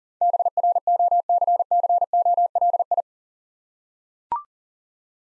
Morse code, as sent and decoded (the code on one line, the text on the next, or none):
-... .-. --- -.-. -.-. --- .-.. ..
BROCCOLI